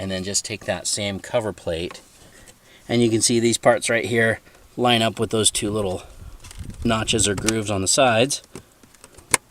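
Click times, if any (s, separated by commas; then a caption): 9.3 s. Someone talks while the plastic cabin air filter cover plate on a 2008 Toyota Matrix, fitted with a new Bosch HEPA filter, is lined up with two notches on the sides of the filter housing behind the glove box. The plate is pressed in and snaps home with a sharp, loud snap at 9.3 s, seating the cover.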